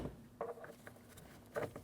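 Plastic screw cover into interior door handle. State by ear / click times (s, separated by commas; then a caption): not seated / none. A plastic screw cover is pressed back onto the interior door handle of a 2012–2016 Honda CR-V after replacing the front power window motor and regulator. Short plastic taps and handling knocks come at about 0.4, 0.6 and 0.9 seconds, with another pair near 1.6 and 1.8 seconds over a low background hum. The cover has not snapped into place yet, and nothing has seated or clicked.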